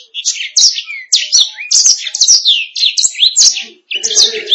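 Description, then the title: Canary song: rapid high chirps and sweeping whistled notes tumbling in quick bursts, with brief gaps. "BM Suara Kenari"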